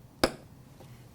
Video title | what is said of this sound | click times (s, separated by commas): $300 - LG 32" IPS Full HD 1080p - Unboxing and Overview | That was easy. That clicked right into place. | 0.2 s